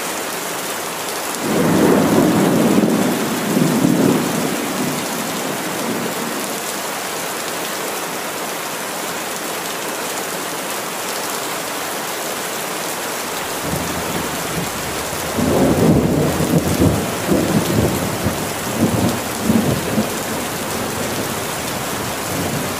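Steady dense rain hisses throughout, while deep rumbles of thunder roll in around two seconds and again near sixteen seconds.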